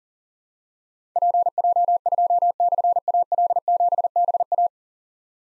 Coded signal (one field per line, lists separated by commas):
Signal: Morse code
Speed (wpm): 39 wpm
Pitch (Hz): 700 Hz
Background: none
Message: PJ2/AL7BA